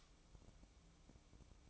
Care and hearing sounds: daily activity, microphone in the room; light off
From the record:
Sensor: 1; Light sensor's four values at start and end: 9/22/9/10 and 9/22/9/10

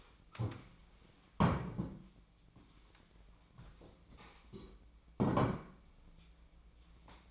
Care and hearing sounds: daily activity, microphone in the room; stand up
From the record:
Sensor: 1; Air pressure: 1012.3 hPa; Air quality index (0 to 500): 172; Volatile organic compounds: 3 ppm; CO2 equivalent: 1408 ppm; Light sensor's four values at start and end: 44/120/49/60 and 45/122/50/61

